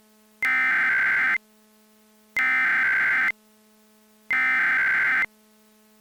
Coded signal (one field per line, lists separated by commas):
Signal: Emergency Alert System (SAME) tones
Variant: header bursts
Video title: EAS Scenario #14 - World War SCP